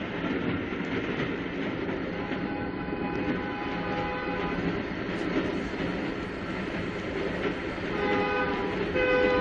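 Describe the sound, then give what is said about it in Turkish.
A train rumbles steadily past for several seconds, its wheels clattering beneath a loud, sustained horn that sounds in long, droning tones. No one speaks. “Eski lokomotiflerin düdüğüne bayılırdım. Şimdikilerde o tat yok.”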